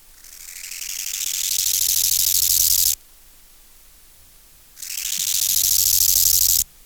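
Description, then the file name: Bow-winged grasshopper song, two crescendo phrases of hissing, rasping pulses with a silent gap between. Subspecies euhedickei. "Chorthippus biguttulus euhedickei"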